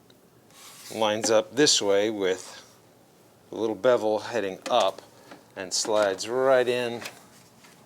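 A plastic blower tube for a Black & Decker cordless sweeper is lined up by its small bevel, facing up, and slid toward the sweeper body while someone talks. Only faint handling and rubbing sounds are heard under the speech. Nothing has seated or clicked yet.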